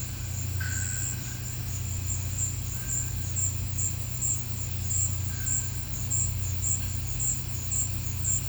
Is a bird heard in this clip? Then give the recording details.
no. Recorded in pastures near Puerto Asís, Putumayo, Colombia, on 15 December 2024 at 16:00. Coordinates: 0.505, -76.324. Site G063